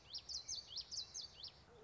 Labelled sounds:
Common Yellowthroat
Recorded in Sonoma County, California

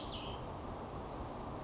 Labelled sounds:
Cassin's Vireo
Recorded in Sonoma County, California

